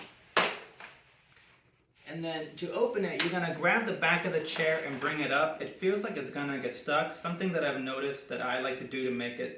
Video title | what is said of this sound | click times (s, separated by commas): Century Snack On Folding High Chair - Unboxing, Setup & Overview | pop it out until it clicks | 0.4 s